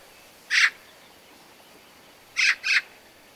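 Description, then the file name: Eurasian magpie uttering a harsh rasping note, then after a pause two quick matching squawks in close succession. "Pica pica"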